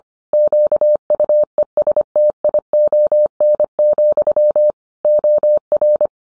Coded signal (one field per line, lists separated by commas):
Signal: Morse code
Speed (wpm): 25 wpm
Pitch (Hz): 600 Hz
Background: none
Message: QUESTION, OR